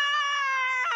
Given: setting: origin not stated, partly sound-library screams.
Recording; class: one-second piece from a danger detection set; woman in danger